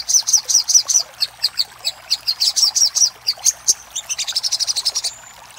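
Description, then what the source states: Little spiderhunter giving shrill chattering phrases of high notes, speeding into a fast trill before ending in a thin drawn-out whistle. Master recording for training cage birds; 'Labaik' given as part of the song name.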